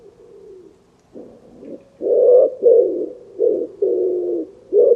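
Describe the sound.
Bird cooing, soft low hooting notes at first, then louder, throaty coos in uneven bursts through the second half.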